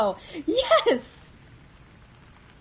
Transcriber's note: she excitedly cheers on her start of her transformation when her body heat builds up